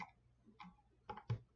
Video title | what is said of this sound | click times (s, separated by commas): Collective Huey head | now it's snapped into place now what we're going to do because we want the alignment to be correct | 1.1 s